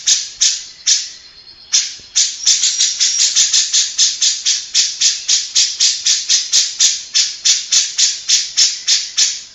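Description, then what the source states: Grey-cheeked bulbul chattering in a long, steady run of scratchy, rasping notes repeated several times a second after a few spaced opening notes. Long-duration recording made for training cage birds (masteran).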